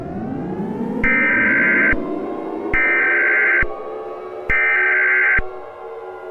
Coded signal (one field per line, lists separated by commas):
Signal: Emergency Alert System (SAME) tones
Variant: header bursts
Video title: EAS Double Feature: The Wrath of Chaos